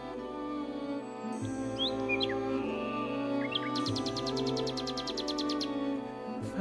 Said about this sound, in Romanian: Dragă privighetoare, te rog, mai cântă un pic să te asculte aceste fețe de înalți curteni. Știi? Însuși împăratul vrea să-l încânți cu glasul tău.